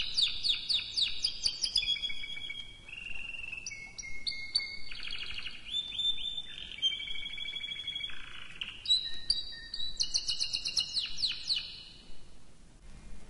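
Canary song of long rolled trills, each tour stepping to a new pitch, some dropping lower and softer, with faint hiss underneath.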